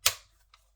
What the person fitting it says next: and there's the click